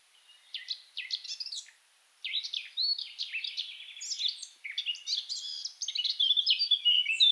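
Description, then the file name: Blackcap singing: scratchy, hurried warbled phrases, a brief pause, then a longer run of jumbled notes that ends in louder, clearer whistles. "Sylvia atricapilla"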